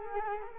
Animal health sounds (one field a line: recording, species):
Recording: mosquito wingbeat signal from an infrared sensor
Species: Culex quinquefasciatus